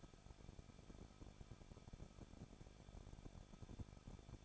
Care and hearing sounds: daily activity, microphone in the room; no activity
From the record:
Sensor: 5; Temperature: 20.8 degrees Celsius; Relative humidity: 38.4%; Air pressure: 1006.5 hPa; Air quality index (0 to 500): 190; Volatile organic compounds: 19 ppm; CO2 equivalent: 2670 ppm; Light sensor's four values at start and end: 2/3/1/1 and 2/3/1/1

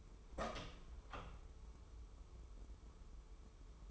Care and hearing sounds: daily activity, microphone in the room; open door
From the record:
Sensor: 1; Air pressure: 1015.1 hPa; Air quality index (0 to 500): 102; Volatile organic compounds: 3 ppm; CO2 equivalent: 1382 ppm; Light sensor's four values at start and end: 14/33/14/15 and 14/33/14/15

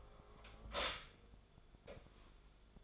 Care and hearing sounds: daily activity, microphone in the room; stop toaster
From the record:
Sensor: 5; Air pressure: 1014.8 hPa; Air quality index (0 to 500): 201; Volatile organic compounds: 9 ppm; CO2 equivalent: 2144 ppm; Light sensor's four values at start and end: 15/36/14/13 and 15/36/14/13

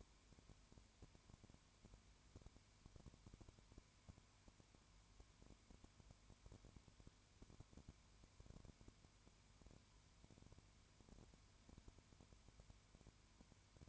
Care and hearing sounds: daily activity, microphone in the room; no activity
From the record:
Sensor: 2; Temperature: 20.0 degrees Celsius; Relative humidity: 32.0%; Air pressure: 1001.1 hPa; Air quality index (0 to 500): 55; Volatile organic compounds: 1 ppm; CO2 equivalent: 602 ppm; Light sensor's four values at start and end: 2/3/2/2 and 2/3/2/2

